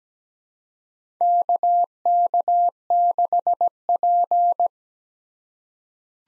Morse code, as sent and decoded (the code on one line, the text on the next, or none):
-.- -.- -.... .--.
KK6P